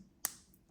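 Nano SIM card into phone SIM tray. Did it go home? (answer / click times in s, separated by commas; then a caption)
yes / 0.2 s. A nano SIM card is pressed into the plastic slot of the SIM tray of a Xiaomi Redmi Note 15 5G phone. It gives a sharp, bright click at 0.3 s, followed by a much fainter tick at about 0.5 s. The card is seated and does not fall out when the tray is turned over.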